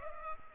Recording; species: mosquito wingbeat signal from an infrared sensor; Culex pipiens